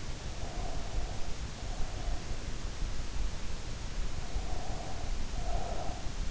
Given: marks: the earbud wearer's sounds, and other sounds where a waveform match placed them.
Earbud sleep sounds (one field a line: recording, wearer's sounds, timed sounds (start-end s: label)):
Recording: sounds in sleep by an in-ear microphone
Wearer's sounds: breath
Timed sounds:
0.31-2.52 s: breath
4.31-6.26 s: breath